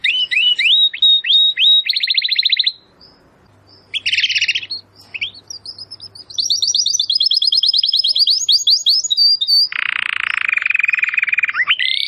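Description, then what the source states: Domestic canary song: loud rapid trills and sweeping whistled phrases high in pitch, a brief pause near three seconds, then a buzzy lower rattle before rising notes. Belgian canary singing; labelled 'Campainha'.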